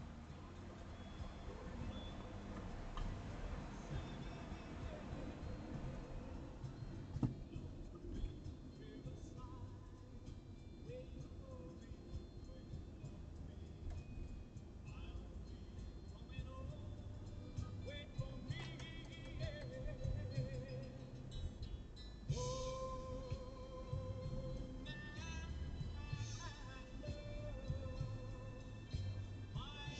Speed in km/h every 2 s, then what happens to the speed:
0, 2, 5, 16, 24, 27, 29, 31, 34, 38, 40, 43, 46, 50, 54.
0-2 standing. 2-30 pulls away to 54.